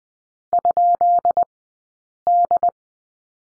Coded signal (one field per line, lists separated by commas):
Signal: Morse code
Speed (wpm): 20 wpm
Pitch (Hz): 690 Hz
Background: none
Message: ?D